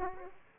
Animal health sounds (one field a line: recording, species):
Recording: mosquito wingbeat signal from an infrared sensor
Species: Aedes aegypti